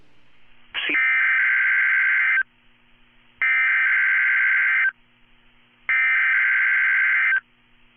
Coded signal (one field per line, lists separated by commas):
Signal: Emergency Alert System (SAME) tones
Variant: header bursts